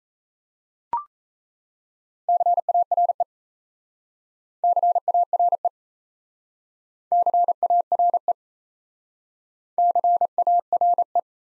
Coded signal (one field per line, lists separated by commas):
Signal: Morse code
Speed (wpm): 37 wpm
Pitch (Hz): 700 Hz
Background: none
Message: CARE CARE CARE CARE